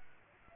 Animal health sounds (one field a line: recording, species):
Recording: mosquito wingbeat signal from an infrared sensor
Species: Aedes aegypti